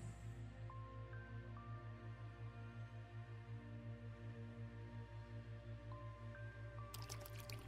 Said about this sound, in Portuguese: você passa por uma fonte de água muito bonita e relaxante, onde você pode ver alguns peixinhos.